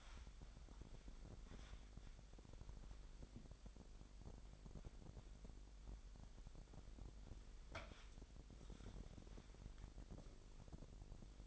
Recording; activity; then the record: daily activity, microphone in the room; wipe stove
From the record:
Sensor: 5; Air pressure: 1001.0 hPa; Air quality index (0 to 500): 246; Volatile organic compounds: 34 ppm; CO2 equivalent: 3037 ppm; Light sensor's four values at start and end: 28/64/26/24 and 31/71/28/26